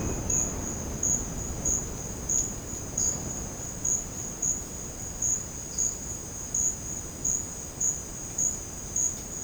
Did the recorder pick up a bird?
no